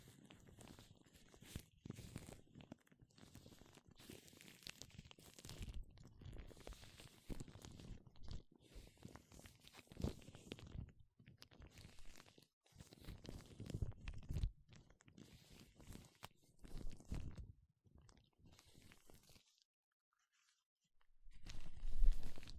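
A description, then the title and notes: Gloves crinkle and rub in irregular bursts of crunchy, crackling texture, with short pauses between handfuls. Near the end, after a silent gap around twenty seconds, a louder, heavier rustling swell rises. 5 different GLOVES Sounds. (No Talking).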